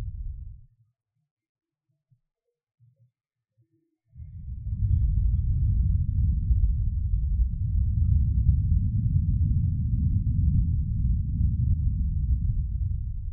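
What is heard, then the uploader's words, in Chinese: Blowing and rubbing on a microphone: a short low rush opens the clip, then near silence with a few faint soft taps. From about four seconds a dense, steady low rumble of breath and handling takes over and continues to the end, all deep with nothing bright. 吹氣&&撫摸麥克風。Ear Blowing & Mic Touching, Brushing。NO Talking。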